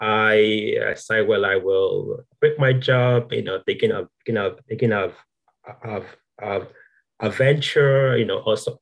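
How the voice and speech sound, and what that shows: Adult man's speech with repeated phrase starts, prolonged sounds and long pauses filled with fillers, typical of stuttering disfluency.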